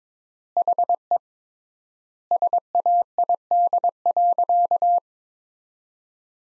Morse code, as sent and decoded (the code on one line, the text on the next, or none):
.... . / ... .- .. -.. .-.-.-
HE SAID.